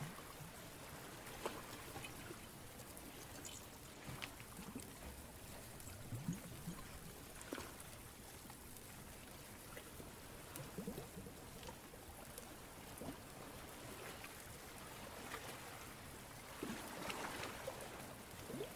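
A day at the beach: a steady wash of surf and wind fills the whole clip, with a low rumble underneath like a boat passing offshore. Brief sharp clinks and taps come every few seconds, and a brighter swell of noise rises near the end.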